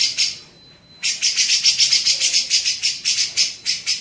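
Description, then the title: Grey-cheeked bulbul giving a few rasping notes, then a thin steady tone, then a fast run of buzzy rasping notes. Masteran tutoring song for training songbirds. "MASTERAN CUCAK JENGGOT"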